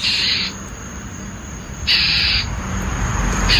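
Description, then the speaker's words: Northern Mockingbird scolding, a few harsh rasping bursts about half a second long with pauses between, over a steady high whine. Mockingbird swooping and yelling at a roaming pet cat at dusk in a Tuscaloosa neighborhood, with cars going past. "It's swooping someone's pet cat that's roaming around the neighborhood at dusk and yelling at it."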